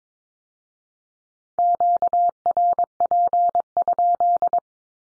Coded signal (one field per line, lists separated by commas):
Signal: Morse code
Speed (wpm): 22 wpm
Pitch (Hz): 700 Hz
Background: none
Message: QRP?